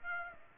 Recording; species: mosquito wingbeat signal from an infrared sensor; Aedes aegypti